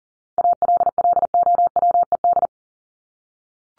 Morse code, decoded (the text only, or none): ALLOWED